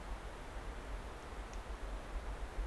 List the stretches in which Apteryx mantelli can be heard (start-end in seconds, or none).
none